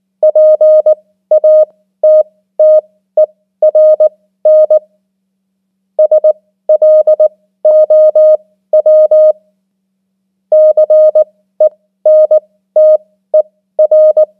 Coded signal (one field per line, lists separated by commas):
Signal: Morse code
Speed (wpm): 19 wpm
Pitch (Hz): 620 Hz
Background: none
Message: PATTERN SLOW CENTER